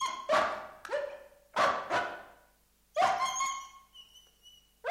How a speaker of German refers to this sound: Warum heult der Hund?